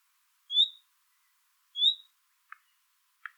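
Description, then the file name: Common nightingale calling: two rising whistled 'hweet' notes a little over a second apart, followed by two brief dry clicks. "Luscinia megarhynchos"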